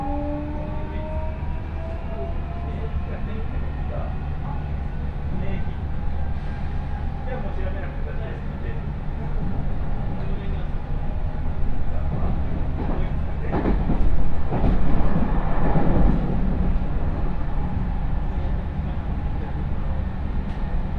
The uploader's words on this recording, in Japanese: 耳で楽しむ鉄道旅 中央西線 恵那→高蔵寺。315系電車が中央本線でデビューしたものの中々乗る機会が無かったのですが、ようやく当たりました。